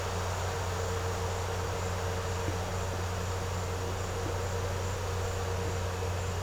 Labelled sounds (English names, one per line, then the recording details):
none
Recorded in secondary vegetation near Puerto Asís, Putumayo, Colombia, on 4 March 2025 at 15:30
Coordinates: 0.468, -76.324
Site G059